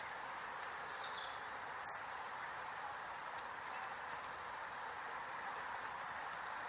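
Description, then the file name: European robin giving two sharp, very high ticking calls about four seconds apart, with a faint thin note early on, against constant background hiss. "Erithacus rubecula"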